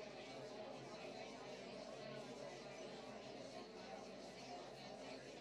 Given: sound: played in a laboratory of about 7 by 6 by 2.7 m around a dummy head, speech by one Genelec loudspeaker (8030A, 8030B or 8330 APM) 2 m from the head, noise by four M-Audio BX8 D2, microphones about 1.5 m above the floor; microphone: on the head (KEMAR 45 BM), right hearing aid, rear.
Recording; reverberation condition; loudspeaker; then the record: babble noise; low; four, about 170 cm from the corners of the room and facing them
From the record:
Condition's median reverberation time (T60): about 310 ms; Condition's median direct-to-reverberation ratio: about 3.5 dB